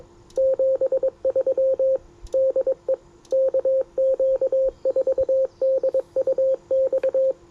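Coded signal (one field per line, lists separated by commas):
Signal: Morse code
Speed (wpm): 21 wpm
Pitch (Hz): 530 Hz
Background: radio noise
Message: 73 DE KQ4DUX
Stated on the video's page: POTA activation with Yaesu FT-710, CW on 30m and 20m, after poor band conditions.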